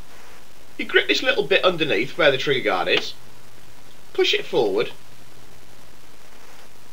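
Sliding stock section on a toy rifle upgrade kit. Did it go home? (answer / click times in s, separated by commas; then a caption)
no / none. Someone talks while gripping the part under the trigger guard of a toy rifle upgrade kit and sliding its stock section forward on the sliding mechanism, ready to fold it in. Speech fills about 0.8 to 3.1 seconds and 4.2 to 4.9 seconds over a low steady hum. Nothing has snapped or clicked into place yet.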